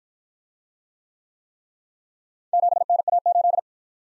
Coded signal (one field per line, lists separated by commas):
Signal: Morse code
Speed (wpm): 53 wpm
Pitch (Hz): 700 Hz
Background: none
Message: 7NA8